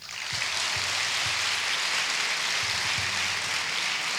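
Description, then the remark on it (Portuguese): An audience claps steadily for the full four seconds, a dense, even wash of many hands with no voices and no pause, sustained at a consistent loudness as the crowd votes by applause in the first award category decided by popular acclaim, the jury not having decided. “Bom, neste caso o júri não decidiu, por isso esta vai ser a primeira categoria decidida por aclamação popular.”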